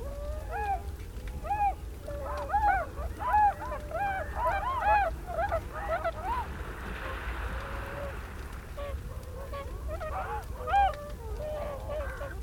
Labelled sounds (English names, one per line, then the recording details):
Tundra Swan call
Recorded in the wild
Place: Schwerin, Lewitz, Mecklenburg-Vorpommern, DE
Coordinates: 53.636, 11.401
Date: 1975-03-15
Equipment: Nagra III BH, Sennheiser MD 21, parabola
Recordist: Schubert, Michael